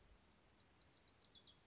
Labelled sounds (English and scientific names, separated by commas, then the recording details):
Wilson's Warbler (Cardellina pusilla)
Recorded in Sonoma County, California